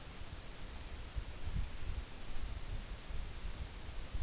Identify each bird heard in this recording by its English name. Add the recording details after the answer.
none. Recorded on Arctic tundra, site NAIT-1, on 24 June 2019. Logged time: 14:00